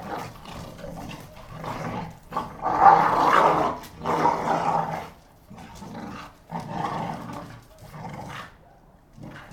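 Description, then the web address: Pit bull: fight sounds of rasping growls and snarling bursts in uneven pulses, loudest around the third and fourth seconds. Two pit bulls fighting. "NS Studios - ultra sound collection animals dogs - Pit bull Tessa Pit bull Bahko"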